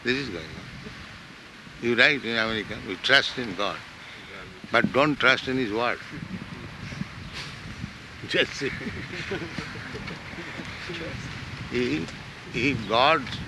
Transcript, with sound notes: This is going on. You write in America, "We trust in God," but don't trust in His word. [laughs] Just see. If God